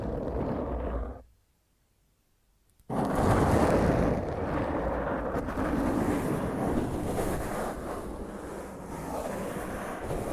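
Rough scratching of fingernails across a microphone, a dense, gritty rasp that runs loud from the start. Around one second it fades out into near silence, then slams back in just before three seconds and grinds on steadily, thick and rumbling, until the end.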